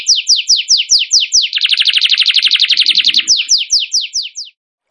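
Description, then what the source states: Bird song: a run of slurred descending high notes, then a fast buzzy trill, then more descending slurred notes. Masteran (training recording) for birds, in the tembakan gacor song style.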